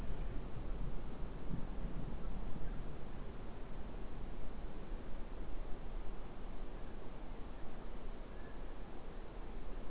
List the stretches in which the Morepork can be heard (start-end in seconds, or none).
none